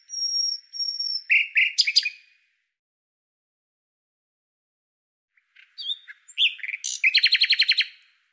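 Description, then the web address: Common nightingale song: two high pure whistled notes, then a burst of sharp clicking notes; after a pause, a phrase ending in a fast, rattling trill of repeated notes. "Deverinetal 2025"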